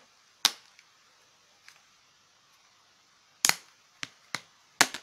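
The plastic back cover of a THL T200C smartphone is pried off its body from a notch on the side, and its clips let go with sharp snaps at 0.5, 3.5 and 4.8 seconds. Quieter snaps at about 4.0 and 4.4 seconds sit between them. The cover comes free easily enough but feels firm.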